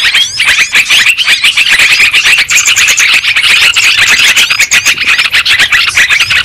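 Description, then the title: Lovebird calls: harsh, high squeaks and twittering notes poured out rapidly and constantly. Lure sound used for trapping birds. "PIKAT BURUNG LOVEBIRD"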